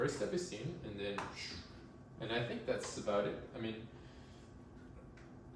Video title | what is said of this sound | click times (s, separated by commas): Bambu Lab P1S 3D Printer Unboxing + 1st Print [2024] | there wasn't a satisfying click there at the end but it feels very snug | none